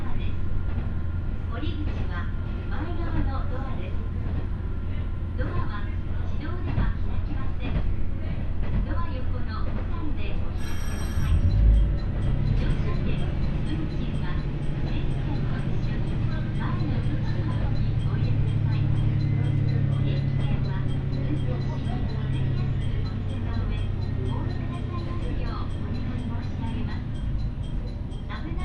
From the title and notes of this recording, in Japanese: 耳で楽しむ鉄道旅 井原鉄道 備中呉妹→早雲の里荏原。